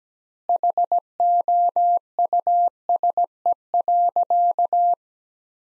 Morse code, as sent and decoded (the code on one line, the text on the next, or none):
.... --- ..- ... . .-.-.-
HOUSE.